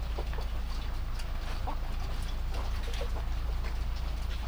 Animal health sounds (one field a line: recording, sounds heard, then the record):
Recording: poultry house recording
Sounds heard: sick chickens (respiratory disease)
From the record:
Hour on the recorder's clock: 0